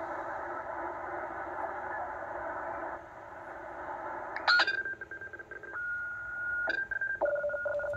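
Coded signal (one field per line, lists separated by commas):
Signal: HF data modem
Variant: STANAG 4285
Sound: steady hissing data rush, then receiver tuning through broken whistles and steady tones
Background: shortwave tuning, radio static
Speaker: this one also is a one of those radio teletypes stanx types type signal that is pretty much at 24 hours here and this one is also i believe from the us navy on the east coast of north america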